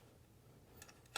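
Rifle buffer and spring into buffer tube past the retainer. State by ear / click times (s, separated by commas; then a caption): not seated / none. A rifle buffer spring and metal buffer are pushed into the buffer tube of an Aero Precision M5 AR10 build, toward the retainer that gets pushed down with a screwdriver. Over a low steady hum, a faint metallic tick sounds at about 0.8 s and a sharper, brighter tick at about 1.2 s. Nothing has seated or clicked home yet.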